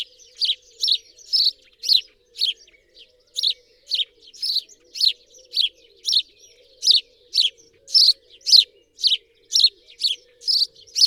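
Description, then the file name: House sparrow calling in a long, lively series of sharp chirps, about two per second with a short gap near three seconds, over a faint low hum. "Passer domesticus"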